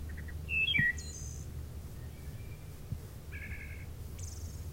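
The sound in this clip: Wood thrush singing a liquid, fluting phrase that ends in a high thin trill. Another steady, buzzy two-tone note follows, and a high trill comes near the end, against low rumbling noise.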